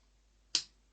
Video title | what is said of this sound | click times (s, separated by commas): How To Change the Battery in a BMW Remote Car Key Fob 1, 3, 4, 5, 7, X1, X2, X3, X5, X6, X7 Series | and then just slide that back in into the hole until it clicks | 0.6 s